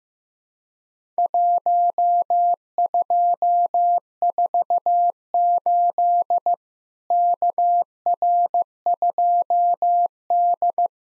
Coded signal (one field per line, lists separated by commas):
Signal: Morse code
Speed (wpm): 15 wpm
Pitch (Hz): 700 Hz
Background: none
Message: 1248 KR2D